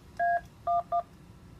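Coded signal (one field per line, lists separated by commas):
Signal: DTMF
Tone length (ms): 140 ms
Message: A11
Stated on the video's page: Local 6-meter and west coast 10-meter repeaters received on Kenwood TS-590 and TS-2000 via remote base.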